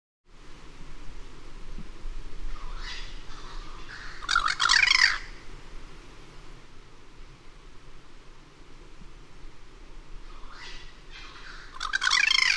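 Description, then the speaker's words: Cuban Crow giving two bursts of harsh, rapid, jumbled calls about seven seconds apart, over a steady hiss. One of two birds in overlapping duet, second in background; 05:37, 18 February 2004, Cayoguam east of Moa; perched 15 m up in dead snag; bows, neck extended, bill open; overcast, 26 °C; stereo Telinga Pro 5, DAT. "Vocalizations from one of two Cuban Carreros. Second bird can be heard in the background."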